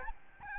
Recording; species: mosquito wingbeat signal from an infrared sensor; Aedes albopictus